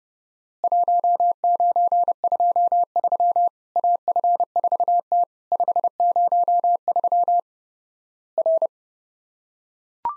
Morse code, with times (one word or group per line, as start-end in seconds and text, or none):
0.6-3.5 1923
3.8-5.2 AF4T
5.5-7.4 503
8.4-8.7 R